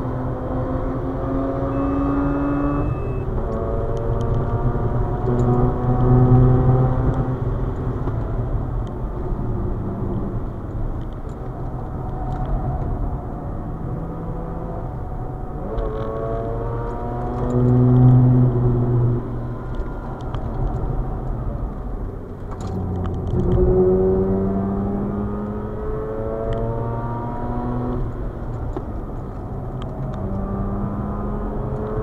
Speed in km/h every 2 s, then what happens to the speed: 124, 133, 145, 132, 110, 97, 94, 99, 110, 102, 82, 84, 98, 86, 83, 97.
0-5 speeds up to 145. 5-12 brakes to 94. 12-17 speeds up to 110. 17-20 brakes to 82. 20-24 speeds up to 98. 24-27 brakes to 83. 27-32 speeds up to 97.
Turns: 26-30.